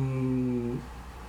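Stomach growling (borborygmi) from an adult man's abdomen, picked up by a nearby microphone: a low, tonal rumble lasting under a second, then fading. He had not eaten.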